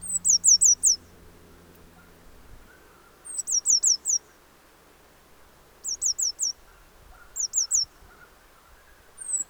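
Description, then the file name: Eurasian blue tit giving short high trilled phrases repeated every couple of seconds, with a low hum at the start. "Cyanistes caeruleus"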